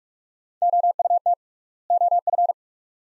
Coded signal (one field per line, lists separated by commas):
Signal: Morse code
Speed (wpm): 42 wpm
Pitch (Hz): 700 Hz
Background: none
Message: OUT OF